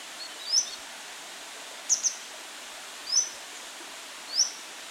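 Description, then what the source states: Grey wagtail calls: short, sharp, very high chips, single and one quick pair, about five notes spread over five seconds against a steady soft hiss. Recorded on 25 June 2018.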